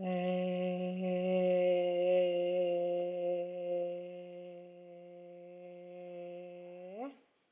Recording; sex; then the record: sustained vowel /e/; female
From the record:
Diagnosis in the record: healthy control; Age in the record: 63 years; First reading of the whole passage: 70 s, 6.7 characters per second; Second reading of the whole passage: 71 s, 6.6 characters per second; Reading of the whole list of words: 45 s, 6.3 characters per second